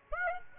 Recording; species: mosquito wingbeat signal from an infrared sensor; Aedes aegypti